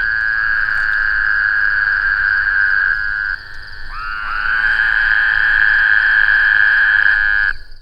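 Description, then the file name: Woodhouse's toad produces a held, buzzy nasal tone that stops after about three seconds. A fresh call swoops up and continues steadily until it cuts off near the end. "bwoodhousii"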